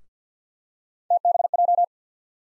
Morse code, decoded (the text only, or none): TBJ